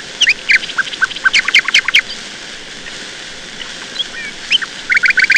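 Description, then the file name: Nightingale song: bursts of sharp clicking notes and rapid trills, a pause, then a loud fast series of repeated chirps at the end. "Solovei"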